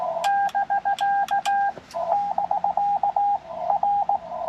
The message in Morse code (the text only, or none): <BK> <BK> R